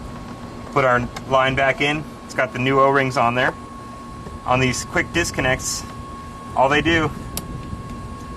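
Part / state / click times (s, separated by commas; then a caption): AC refrigerant line into quick-disconnect coupling / seated / 7.4 s. On a 1996 Ford Explorer, an AC refrigerant line fitted with new O-rings is pushed onto its spring-lock quick-disconnect coupling and wiggled while someone talks. A sharp snap at 7.4 s marks the line seating, and it is tugged afterward to check that it does not come apart.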